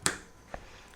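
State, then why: Seated. A second battery is pushed into the next tabbed chamber of the plastic battery cartridge for a Promier P2000FL-8-16 flashlight. It snaps in sharply at 0.1 s, followed by a fainter tick at 0.5 s. The battery is locked into place.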